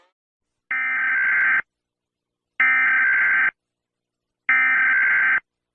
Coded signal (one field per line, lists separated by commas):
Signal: Emergency Alert System (SAME) tones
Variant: header bursts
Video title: Ranking EAS alarms from around the world don't forget to like and subscribe enjoy the video